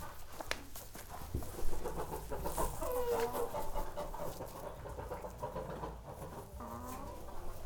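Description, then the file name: Chickens clucking and squawking in a barn, with other barnyard sounds around them. In a barn, walking around the microphone, squawking and clucking. "freesound chickens and ducks"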